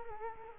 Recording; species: mosquito wingbeat signal from an infrared sensor; Culex quinquefasciatus